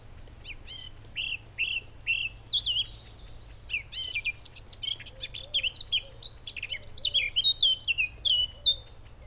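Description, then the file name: Eurasian blackcap singing: a few repeated clear whistled notes, then a fast, rich warble of varied chirps and rising and falling whistles that grows louder toward the end. "Sylvia atricapilla"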